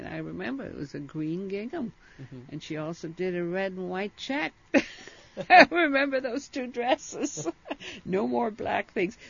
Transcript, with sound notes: I remember it was a green gingham, and she also did a red and white check. ( she laughs ) I remember those two dresses. ( she laughs ) No more black things.